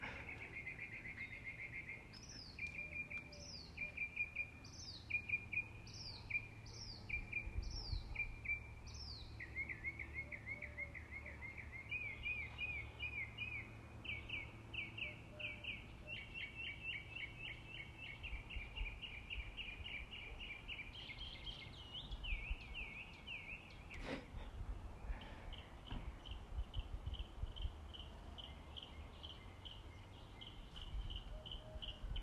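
Birds singing, with steady, fast high trills running almost the whole time and a series of sharp, rising chirps repeating quickly between about 2 and 8 seconds. A low rumbling hum sits underneath, with a brief sharp knock near 24 seconds.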